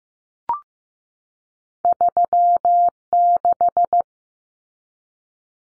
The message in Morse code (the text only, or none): 36